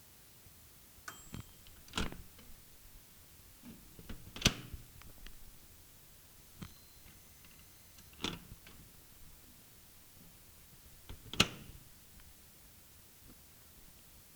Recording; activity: daily activity, guitar pickup as the sensor; use microwave